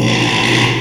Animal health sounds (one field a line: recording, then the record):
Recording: squeal of a Yucatan mini pig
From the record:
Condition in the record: after surgery on the right vocal fold (resection and tissue-engineered implant)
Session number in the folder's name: 1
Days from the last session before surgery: 6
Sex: male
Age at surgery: 12 weeks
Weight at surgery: 13 kg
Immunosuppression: cyclosporine, prednisolone